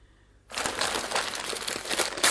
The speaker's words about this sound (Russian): Тот нетерпеливо разорвал обертку и начал читать.